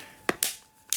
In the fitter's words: okay clicked can you hear it clicked then we're going to switch it on here we go